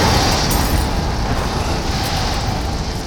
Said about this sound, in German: Plötzlich gibt es einen ohrenbetäubenden Knall.